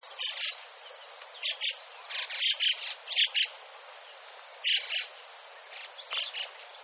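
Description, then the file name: Chestnut-cheeked starling calling with short, high, scratchy chirps in paired bursts, separated by brief pauses. "komuku"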